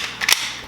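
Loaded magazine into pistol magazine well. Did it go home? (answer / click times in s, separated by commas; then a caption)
yes / 0.3 s. With the slide locked open, a full 21-round steel-bodied magazine is pushed up into the grip of a polymer-framed Ruger 57 pistol. A brief scrape at about 0.2 s is followed by one sharp mechanical snap at 0.3 s as the magazine seats in the magwell, going in without any trouble.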